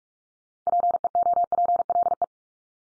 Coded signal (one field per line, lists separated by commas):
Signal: Morse code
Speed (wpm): 46 wpm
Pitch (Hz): 700 Hz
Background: none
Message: PEOPLE